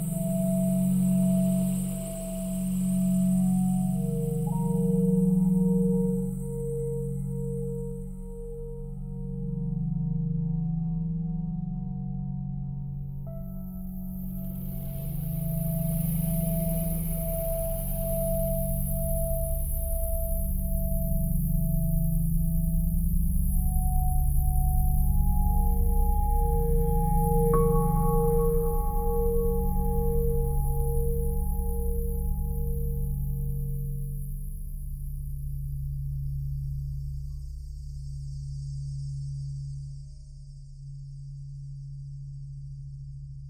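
Crystal quartz bowls ring together in long sustained tones, layered low hums and soft higher pitches that shift every few seconds.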